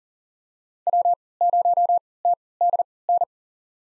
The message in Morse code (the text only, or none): W0TDN